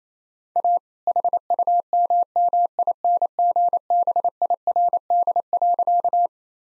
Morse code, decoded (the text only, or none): A HUMMINGBIRD.